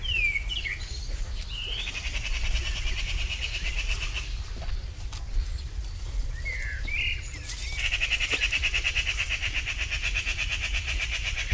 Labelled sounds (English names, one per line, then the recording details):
Eurasian Magpie
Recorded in the wild
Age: adult
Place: Lübars, Benekendorffstraße, Berlin, DE
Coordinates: 52.6167, 13.3469
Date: 1998-05-31 10:50
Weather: overcast, 18°C
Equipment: Sony MD-WM MZ-R3, Sennheiser MKH 416 T, Kopie Uher 4000 Report Monitor
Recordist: Tembrock, Günter